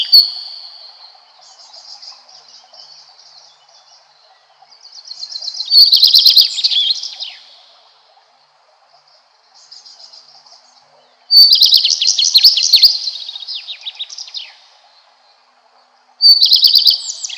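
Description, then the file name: Common Redstart singing high, jingling phrases; softer trilled passages lead into louder twittering bursts, repeated about every five seconds. "Golosa ptic - Gorihvostka lysushka"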